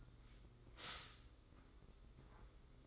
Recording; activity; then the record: daily activity, microphone in the room; stop toaster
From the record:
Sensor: 3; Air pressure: 995.2 hPa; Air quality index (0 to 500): 73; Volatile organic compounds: 5 ppm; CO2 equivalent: 1709 ppm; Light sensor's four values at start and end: 18/53/22/19 and 17/52/22/19